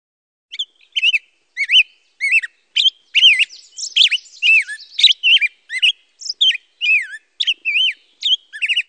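Pine grosbeak calls: a quick series of clear, warbling whistled notes that bend up and down, with short quiet gaps and no other sounds.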